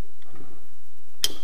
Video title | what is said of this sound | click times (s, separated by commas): Test préalable Culasse BOOST sur Doppler ER1 | Merci la clé dynamométrique qui fait clac. | 1.2 s